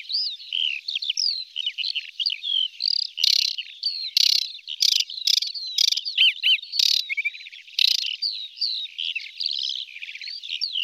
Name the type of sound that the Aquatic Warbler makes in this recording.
song